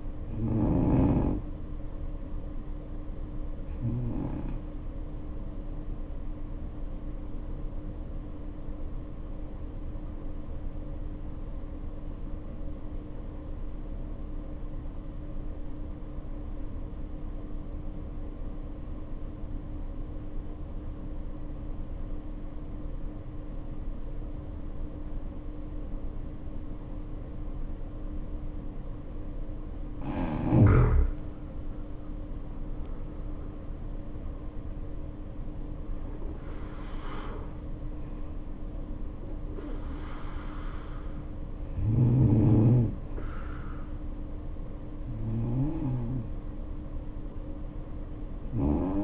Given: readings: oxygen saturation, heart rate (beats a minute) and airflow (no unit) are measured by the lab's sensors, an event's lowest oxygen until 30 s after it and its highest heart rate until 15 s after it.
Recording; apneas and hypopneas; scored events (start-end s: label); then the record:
breathing in sleep by a smartphone at the bedside; 1
11.00-31.20 s: obstructive apnea (N2, oxygen 95% highest, then 75% lowest, heart rate 55 at the start, 72 highest)
24.00-49.04 s: new sleep stage, N1 (lightest sleep)
From the record:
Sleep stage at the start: N2 (light sleep); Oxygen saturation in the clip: 76 to 95%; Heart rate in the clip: 51 to 72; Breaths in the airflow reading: 6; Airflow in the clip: -7.0 to 8.6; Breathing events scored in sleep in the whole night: 520 in 7.2 hours asleep